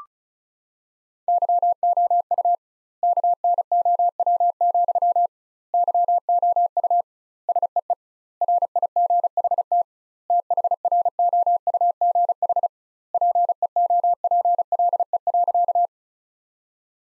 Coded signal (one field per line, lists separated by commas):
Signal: Morse code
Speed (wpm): 34 wpm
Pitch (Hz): 700 Hz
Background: none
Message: YOU KNOW, YOU SEE RIGHT THROUGH PEOPLE.